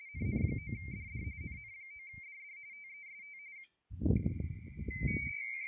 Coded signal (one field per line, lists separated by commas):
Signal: RTTY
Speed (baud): 45.45 baud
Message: NN9DD NN9DD TEST